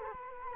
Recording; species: mosquito wingbeat signal from an infrared sensor; Culex quinquefasciatus